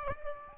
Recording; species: mosquito wingbeat signal from an infrared sensor; Aedes albopictus